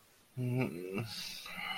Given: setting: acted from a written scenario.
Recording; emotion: vocal sound without words; guilt